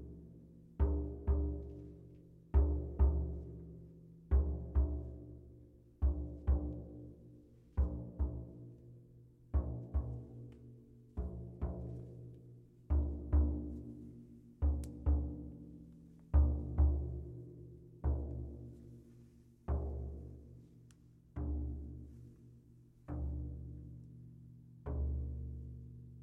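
Sound bath instruments are struck in a slow, steady pulse, roughly every one to two seconds, each stroke ringing out and fading before the next. The tones are deep and resonant with a low hum underneath, and bright overtones briefly shimmer at each strike.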